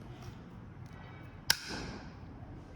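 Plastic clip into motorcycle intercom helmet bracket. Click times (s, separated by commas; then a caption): 1.5 s. A plastic clip for an SCSETC S9 motorcycle intercom, its short side already in the slots at the base of the plastic helmet bracket, is pressed down and secured. A single sharp, loud click sounds at 1.5 s over a low background hiss, followed by a brief softer rustle. The clip snaps into the bracket and is seated, which the click confirms.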